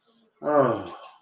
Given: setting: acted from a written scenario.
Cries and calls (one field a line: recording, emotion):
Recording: vocal sound without words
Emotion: romantic love